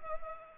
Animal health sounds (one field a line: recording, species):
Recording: mosquito wingbeat signal from an infrared sensor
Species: Culex pipiens